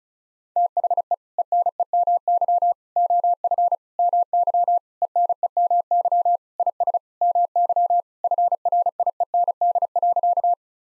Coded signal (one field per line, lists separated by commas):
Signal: Morse code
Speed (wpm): 34 wpm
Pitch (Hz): 700 Hz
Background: none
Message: THE ENEMY OF MY ENEMY IS MY FRIEND.